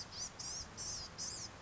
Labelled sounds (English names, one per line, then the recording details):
Blue-gray Gnatcatcher
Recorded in Sonoma County, California